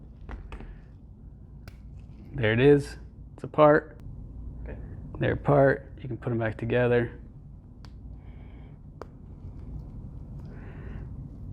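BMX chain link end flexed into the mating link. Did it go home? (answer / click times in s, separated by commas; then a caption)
no / none. Someone talks while handling the separated ends of a steel BMX chain, with the pin still held in one outer plate, about to flex them back together so the pin snaps into the mating link. Only a few faint, brief handling ticks sound between the speech. Nothing has seated or clicked yet.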